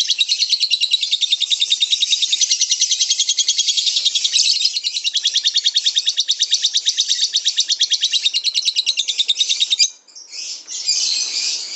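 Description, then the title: Lovebird chatter: a long, fast buzzy trill of very rapid high notes held for about ten seconds, then breaking into scratchy twittering. Bird training sounds (masteran) for lovebirds. "MASTERAN BURUNG 2. LoveBird"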